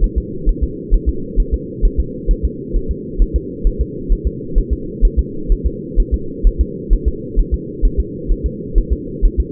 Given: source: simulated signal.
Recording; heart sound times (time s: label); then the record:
fetal heart sounds
0.04 s: S1
0.18 s: S2
0.49 s: S1
0.63 s: S2
0.94 s: S1
1.09 s: S2
1.40 s: S1
1.54 s: S2
1.85 s: S1
2.00 s: S2
2.31 s: S1
2.45 s: S2
2.76 s: S1
2.91 s: S2
3.22 s: S1
3.36 s: S2
3.67 s: S1
3.81 s: S2
4.12 s: S1
4.27 s: S2
4.58 s: S1
4.73 s: S2
5.05 s: S1
5.19 s: S2
5.52 s: S1
5.66 s: S2
6.00 s: S1
6.14 s: S2
6.47 s: S1
6.61 s: S2
6.93 s: S1
7.08 s: S2
7.39 s: S1
7.54 s: S2
7.85 s: S1
8.00 s: S2
8.31 s: S1
8.46 s: S2
8.78 s: S1
8.93 s: S2
9.25 s: S1
9.40 s: S2
From the record:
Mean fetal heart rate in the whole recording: 130 bpm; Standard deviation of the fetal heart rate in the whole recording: 4 bpm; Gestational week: 38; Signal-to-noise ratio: -4.3 dB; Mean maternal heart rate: 72 bpm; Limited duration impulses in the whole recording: absent